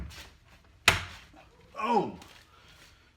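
The bottom concealed hinge of an IKEA kitchen island cabinet door is pushed onto its mounting plate on the cabinet and snaps home with a loud, sharp click at 0.9 s. Someone talks briefly right after, and the hinge is seated.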